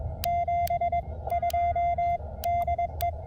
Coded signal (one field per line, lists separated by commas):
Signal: Morse code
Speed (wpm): 21 wpm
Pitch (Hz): 690 Hz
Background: none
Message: 72 DE